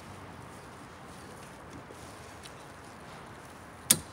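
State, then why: Seated. A new windshield wiper blade is pushed up from below onto the wiper arm until its wings seat. After a steady low background hiss, a sharp click sounds at 3.9 seconds as the blade snaps into place and locks onto the arm.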